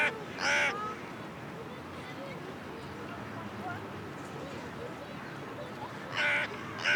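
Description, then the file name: Carrion crow: harsh caws, one near the start and two near the end, with several quieter seconds between. "Corvus corone"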